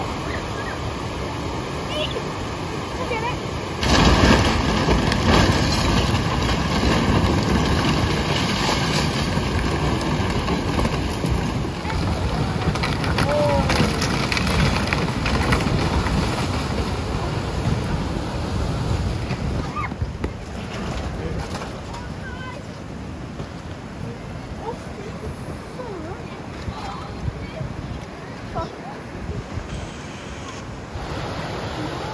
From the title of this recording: Floodwaters in Norway sent mobile homes crashing into a bridge